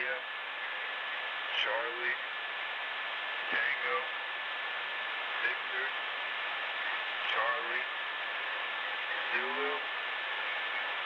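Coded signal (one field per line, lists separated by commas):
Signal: numbers station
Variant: male voice, random letters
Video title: Spy Numbers station (Live ) random letters male 4725khz (with correction)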